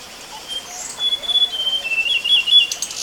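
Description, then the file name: Chinese blue flycatcher song: a run of thin, high whistled notes at two pitches, over a constant background hiss. Recorded between Ya'an and Wawu, Sichuan, China, on 5 June 2011. "Chinese Blue Flycatcher Yaan To Wawu Sichuan 5 June 2011"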